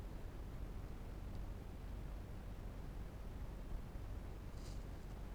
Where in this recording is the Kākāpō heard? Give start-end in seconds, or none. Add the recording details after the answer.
none. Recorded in New Zealand. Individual Barnard